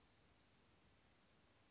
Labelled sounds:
Western Flycatcher (Empidonax difficilis)
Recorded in Sonoma County, California

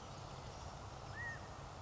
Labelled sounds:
California Quail (Callipepla californica)
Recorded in Sonoma County, California

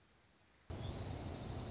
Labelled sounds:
Orange-crowned Warbler (Leiothlypis celata)
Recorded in Sonoma County, California

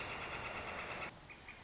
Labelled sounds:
Northern Flicker (Colaptes auratus)
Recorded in Sonoma County, California

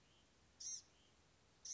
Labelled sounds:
Blue-gray Gnatcatcher (Polioptila caerulea)
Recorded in Sonoma County, California

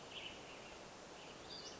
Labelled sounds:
Western Flycatcher (Empidonax difficilis)
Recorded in Sonoma County, California

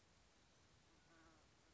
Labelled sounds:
Band-tailed Pigeon (Patagioenas fasciata)
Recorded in Sonoma County, California

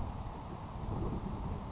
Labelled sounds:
Grasshopper Sparrow (Ammodramus savannarum)
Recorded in Sonoma County, California

